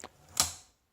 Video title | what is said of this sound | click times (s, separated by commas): HOW TO USE YOUR NEW OLD TYPEWRITER - a guide to the Remington Portable family | until you hear a click and then while you're still holding that lever down push the right hand knob now | 0.4 s